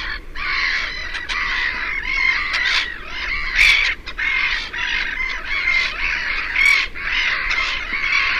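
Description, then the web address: Black-headed gulls in a loud colony chorus of rasping, squealing calls, overlapping steadily, with a few brief dips in the din. "chant xeno-canto mouette rieuse"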